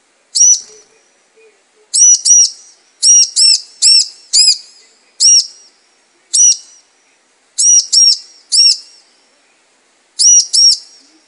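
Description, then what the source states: Bar-winged prinia calling in quick high double and single notes, repeated in uneven bursts; no other sounds. Training ("terapi") recording meant for bar-winged prinias that have stopped singing ("macet").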